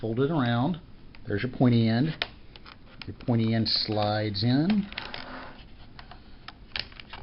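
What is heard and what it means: Someone talks while folding a cardboard handle around and lining up its pointed end to slide flat into its slot in a cardboard box. Light tapping and handling noises follow in the last seconds. Nothing has seated or clicked into place yet.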